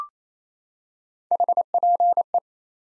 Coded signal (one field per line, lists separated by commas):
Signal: Morse code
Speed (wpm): 27 wpm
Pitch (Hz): 700 Hz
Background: none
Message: HPE